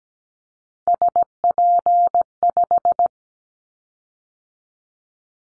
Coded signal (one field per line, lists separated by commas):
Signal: Morse code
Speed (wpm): 17 wpm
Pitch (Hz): 700 Hz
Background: none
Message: SP5